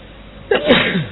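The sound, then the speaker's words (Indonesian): A single sharp sneeze bursts out after a brief quiet inhale during an Islamic study lecture, starting with a bright hiss and dropping into a descending voiced tail, loud and alone with no talking. “Alhamdulillah.”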